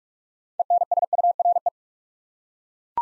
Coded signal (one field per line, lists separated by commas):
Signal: Morse code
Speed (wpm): 41 wpm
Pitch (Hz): 700 Hz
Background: none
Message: ENSURE